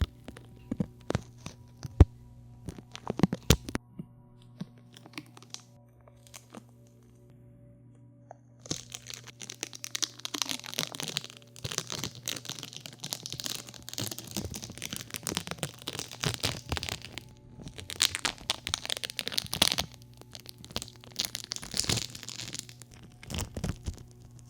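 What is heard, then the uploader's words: Quiet ear-cleaning sounds with a peel-off mask and tweezers, no talking. The first eight seconds hold sparse sharp clicks and taps over a low steady hum; then dense crackling, crinkling peeling noise fills the rest, thickening in bursts around 10, 15 and 20 seconds. Ear cleaning, No talking. 无人声. 撕拉面膜，清洁面膜，镊子.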